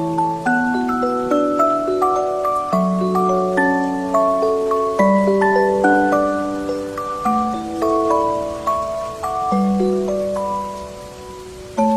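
A music box plays a gentle, steady melody of bright plucked notes ringing over one another, fading near the end before one last note.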